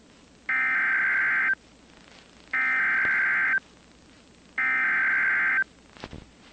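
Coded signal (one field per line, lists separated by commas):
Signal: Emergency Alert System (SAME) tones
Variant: header bursts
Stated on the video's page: Valid severe thunderstorm EAS tones captured from weather radio WXK26 and FM stations for Mirando City, Oilton and Laredo, Texas.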